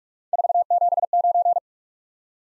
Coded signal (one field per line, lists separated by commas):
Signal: Morse code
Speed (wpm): 44 wpm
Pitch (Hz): 700 Hz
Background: none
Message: 479